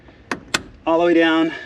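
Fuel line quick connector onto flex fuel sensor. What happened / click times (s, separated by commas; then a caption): The fuel line quick connector latched onto the fitting / 0.3 s, 0.5 s. An OEM fuel line quick-connect is pushed onto the fitting of a new BM3 flex fuel sensor on a BMW M2, giving two sharp, loud clicks at 0.3 s and 0.5 s. Someone then talks. The connector is seated.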